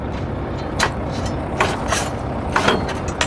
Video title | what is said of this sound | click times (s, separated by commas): Coupling And Uncoupling | that click believer it's out | 2.6 s, 3.2 s